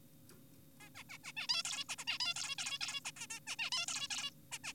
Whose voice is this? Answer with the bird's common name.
Zebra Finch